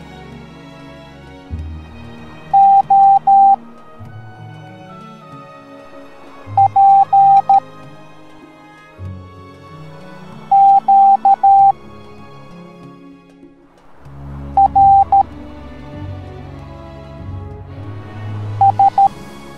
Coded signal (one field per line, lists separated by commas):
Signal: Morse code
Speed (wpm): 13 wpm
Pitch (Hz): 790 Hz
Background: music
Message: O P Q R S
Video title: Spirited Away Chihiro Teaching the Morse Code Alphabet Educational Video for Kids